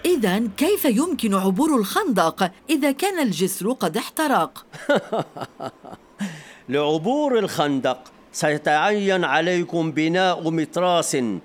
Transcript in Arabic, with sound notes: إذًا كيف يُمكن عبور الخندق إذا كان الجسر قد احترق؟
(يضحك) لعبور الخندق سَيَتَعَيّن عليكم بناء مِتراس